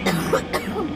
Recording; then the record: coughing mixed with background sound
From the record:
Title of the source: choking, hacking coughing